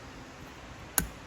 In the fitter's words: press it in make sure it clicks